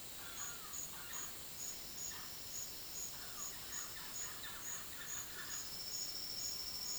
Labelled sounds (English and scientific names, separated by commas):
Yellow-crowned Amazon (Amazona ochrocephala), White-browed Antbird (Myrmoborus leucophrys)